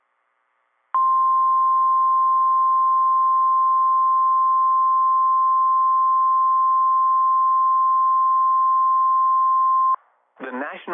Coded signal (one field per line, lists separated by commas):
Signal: Emergency Alert System (SAME) tones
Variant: 1050 Hz attention tone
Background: speech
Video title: REDEFINED MADNESS IV - EAS Alerts from 4/27/26 (EAS #766 - #785)